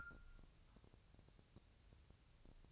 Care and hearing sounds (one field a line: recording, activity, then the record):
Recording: daily activity, microphone in the room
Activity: take from stove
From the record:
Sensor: 2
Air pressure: 999.2 hPa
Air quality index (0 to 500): 198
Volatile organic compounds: 29 ppm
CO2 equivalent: 2929 ppm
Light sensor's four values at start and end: 6/15/6/6 and 6/15/6/6